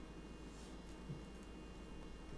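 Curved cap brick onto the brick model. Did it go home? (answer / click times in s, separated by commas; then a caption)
no / none. A curved cap brick is picked up and lined up on a brick model, handled over a steady low background hum with no distinct transients. It has not been pressed home, and nothing has seated or clicked yet.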